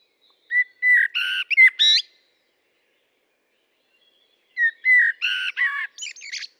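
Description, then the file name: Common blackbird song: two phrases about four seconds apart, each with a few low whistles, then a jumble of high, squeaky twittering notes. "Turdus merula"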